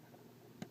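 During conversion of a ToyWorld TW-T03 Trace transforming robot toy, a plastic tab is pushed into a slot on the back of the arm. After a quiet stretch, a short sharp click sounds at 0.6 s as the tab seats in the slot.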